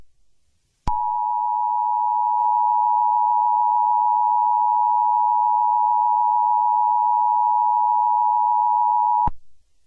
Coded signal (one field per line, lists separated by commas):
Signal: Emergency Alert System (SAME) tones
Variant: 853 and 960 Hz attention tone